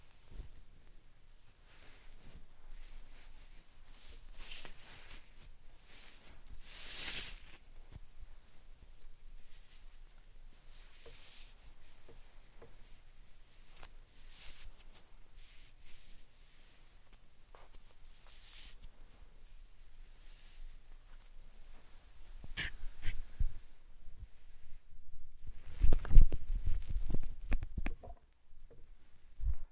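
Soft slime and sand triggers: quiet, scattered squishes and gritty crackles with brief bright swishes near the start. Toward the end the sounds grow louder and denser, with heavier squelching and thumps around the twenty-five second mark before easing off.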